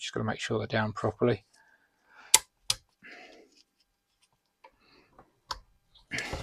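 A part inside a Hewland FTR racing sequential gearbox is pressed into place, and it fails to seat fully. Someone talks at the start, then two sharp clicks sound at about 2.3 and 2.7 seconds, followed by fainter ticks and more talk at the end. Nothing has seated or clicked into place yet.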